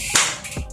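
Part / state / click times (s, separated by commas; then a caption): shoe cleat into clipless bicycle pedal / seated / 0.2 s. The second cycling shoe's cleat is pushed into a clipless bicycle pedal and clicks sharply at 0.2 s, locking in place. A fainter tick follows at about 0.7 s over a steady background of music. The cleat is seated and locked in the pedal.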